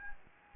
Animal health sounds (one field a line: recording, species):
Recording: mosquito wingbeat signal from an infrared sensor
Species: Anopheles gambiae